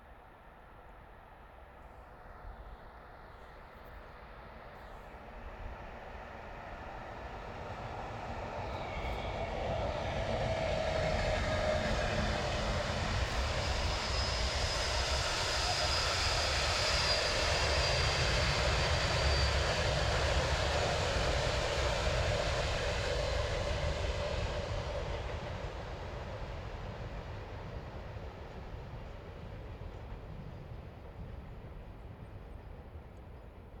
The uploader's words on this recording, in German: Güterzug bei Kritzendorf. Ein Güterzug/Ganzzug fährt mit offenen Waggons aus Wien hinaus bei Kritzendorf auf der Franz-Josefs-Bahn.